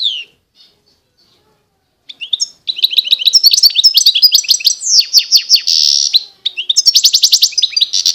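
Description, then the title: European goldfinch song: a brief call, pause, then a fast, liquid twittering run of tinkling notes and buzzy trills lasting about six seconds. Wild bird, singing. "اجمل غناءالحسون الخلويchant chardonneret sauvage collection"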